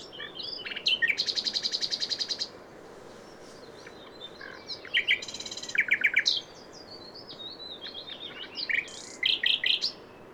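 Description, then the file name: Common nightingale song: rapid machine-gun trills of repeated notes broken by varied chattering and slurred phrases, with a steady background hiss. "Luscinia megarhynchos"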